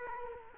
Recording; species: mosquito wingbeat signal from an infrared sensor; Culex quinquefasciatus